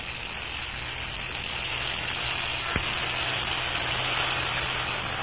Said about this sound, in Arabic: ما ذاك؟ يبدو أنه صوت سيارة، أتوقع أن يكون سائقكما قد أخذ إحدى الخادمات إلى رحلة استمتاع خلوية.